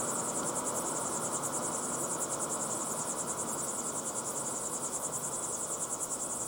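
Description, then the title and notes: Dense cricket chorus, high rapid pulsing chirps running continuously, with a broad low rumble of background noise underneath. Crickets chirping at sunset in the Timanfaya pyroclastic desert, Lanzarote; field-recorded with ambisonic equipment and converted to binaural audio. "Be still and listen to the crickets at sunset in the incredible Timanfaya pyroclastic desert on the island of Lanzarote. Enjoy the calm desert sounds of chirping crickets"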